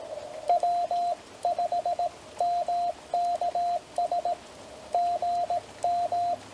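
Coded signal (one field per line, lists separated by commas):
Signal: Morse code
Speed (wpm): 18 wpm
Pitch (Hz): 700 Hz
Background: radio noise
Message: W5MKS GM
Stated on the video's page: POTA CW callsign copy practice; station uses TR45L Skinny, MC-750 vertical whip with four radials, Palm Radio Pico key, battery power.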